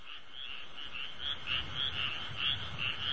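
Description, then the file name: Frog croaking in rapid pulsed notes, several a second, continuing without pause over a low background rumble. "kaeru"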